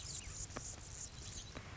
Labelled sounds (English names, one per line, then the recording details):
Anna's Hummingbird
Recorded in Sonoma County, California